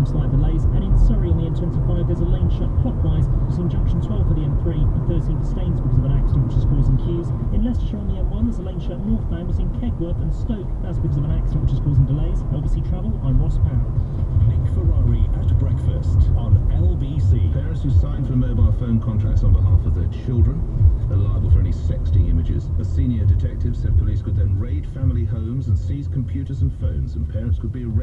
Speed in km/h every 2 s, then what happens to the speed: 87, 82, 81, 79, 77, 74, 71, 69, 69, 66, 55, 37, 29, 18.
0-28 slows to 18.